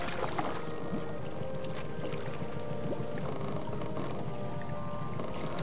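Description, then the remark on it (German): Water laps and sloshes steadily against the hull of a small fishing boat quite far out on the water, a continuous wash with a faint low hum underneath and no voices. “Als die Centaurus zurückkam, war ich auf meinem Boot, ziemlich weit draußen.”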